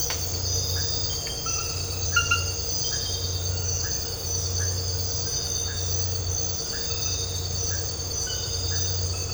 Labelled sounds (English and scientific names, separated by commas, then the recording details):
none
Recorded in dense forest near Puerto Asís, Putumayo, Colombia, on 13 March 2025 at 01:00
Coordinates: 0.468, -76.322
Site GP01